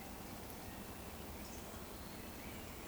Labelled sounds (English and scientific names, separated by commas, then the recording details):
Eurasian Woodcock (Scolopax rusticola) whistle
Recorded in Baden-Württemberg, Germany, on 15 June 2020 at 19:34 UTC
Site 14569, 102 m above sea level